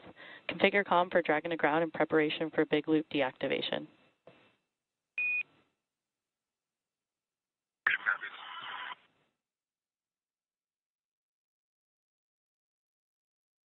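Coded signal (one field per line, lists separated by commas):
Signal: Quindar tones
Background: speech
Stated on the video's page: Quindar tones from the live-streamed return of the SpaceX Dragon Crew-9 after undocking from the International Space Station.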